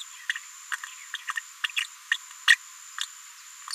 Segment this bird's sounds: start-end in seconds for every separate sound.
0.29-0.34, 0.35-0.39, 0.71-0.76, 1.13-1.18, 1.27-1.33, 1.35-1.41, 1.75-1.87, 2.11-2.17, 2.47-2.58, 2.98-3.07